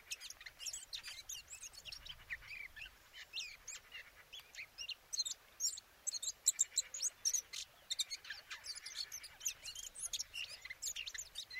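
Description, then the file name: Eurasian blackcap song: a busy stream of high twittering notes and slurred whistles that grows louder midway, over faint background hiss. "Sylvia atricapilla"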